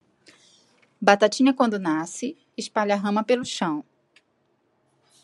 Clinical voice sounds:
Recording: short text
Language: Brazilian Portuguese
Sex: female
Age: 50 to 59 years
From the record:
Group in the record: control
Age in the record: 51 years

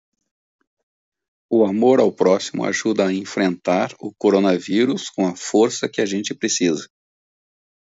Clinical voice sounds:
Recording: spoken sentence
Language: Brazilian Portuguese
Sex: male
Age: 50 to 59 years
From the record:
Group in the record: control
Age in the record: 53 years

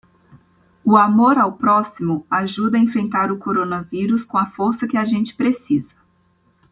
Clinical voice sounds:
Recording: spoken sentence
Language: Brazilian Portuguese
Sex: female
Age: 20 to 29 years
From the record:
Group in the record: control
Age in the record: 29 years

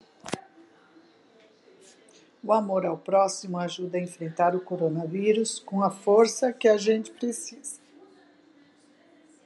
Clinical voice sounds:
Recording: spoken sentence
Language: Brazilian Portuguese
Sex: female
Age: 60 to 69 years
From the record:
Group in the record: control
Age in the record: 64 years

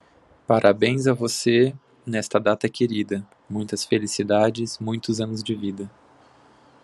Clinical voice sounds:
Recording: short text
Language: Brazilian Portuguese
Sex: male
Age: 30 to 39 years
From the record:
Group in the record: control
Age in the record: 31 years

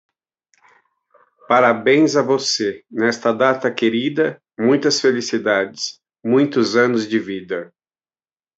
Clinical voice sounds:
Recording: short text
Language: Brazilian Portuguese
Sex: male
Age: 50 to 59 years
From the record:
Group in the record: control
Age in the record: 55 years

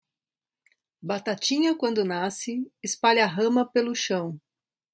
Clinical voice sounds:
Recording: short text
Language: Brazilian Portuguese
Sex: female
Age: 40 to 49 years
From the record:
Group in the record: control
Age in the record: 47 years

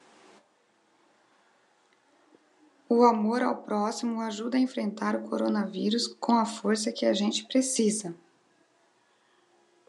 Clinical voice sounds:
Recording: spoken sentence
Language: Brazilian Portuguese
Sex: female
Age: 30 to 39 years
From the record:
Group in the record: control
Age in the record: 35 years

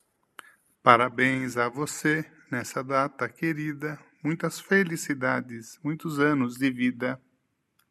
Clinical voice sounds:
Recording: short text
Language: Brazilian Portuguese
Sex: male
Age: 60 to 69 years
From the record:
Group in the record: control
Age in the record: 62 years

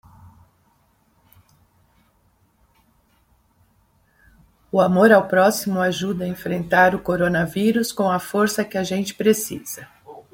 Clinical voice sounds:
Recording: spoken sentence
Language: Brazilian Portuguese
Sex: female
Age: 60 to 69 years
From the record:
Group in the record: control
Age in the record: 64 years

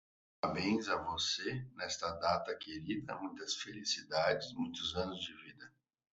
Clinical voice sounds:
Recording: short text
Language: Brazilian Portuguese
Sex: male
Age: 30 to 39 years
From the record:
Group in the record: control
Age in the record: 37 years

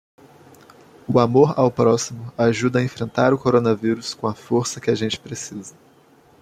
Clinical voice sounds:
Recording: spoken sentence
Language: Brazilian Portuguese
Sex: male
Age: 18 to 19 years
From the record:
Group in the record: control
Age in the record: 19 years

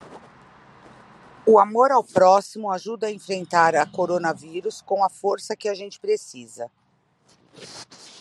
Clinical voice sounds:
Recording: spoken sentence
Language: Brazilian Portuguese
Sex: female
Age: 50 to 59 years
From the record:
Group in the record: control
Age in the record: 52 years

